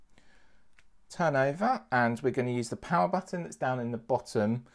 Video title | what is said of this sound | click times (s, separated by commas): Emporia Talk Active Unboxing & Key Features | so just push on there we go you should hear the clicks turn over | 0.2 s, 0.8 s